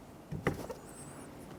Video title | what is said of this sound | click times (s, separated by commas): How to Replace Drivers Side Mirror 2004-2015 Nissan Titan | press it in listen for a click give it a tug to make sure it's completely secure | 0.5 s